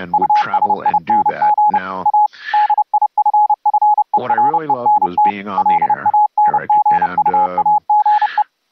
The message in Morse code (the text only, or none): USING A DIFFERENT LANGUAGE